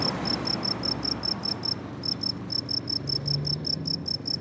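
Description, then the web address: Cricket song of quick, regular chirps in short groups, one gap midway, with a low background hum. "college-alain-crozon grillon"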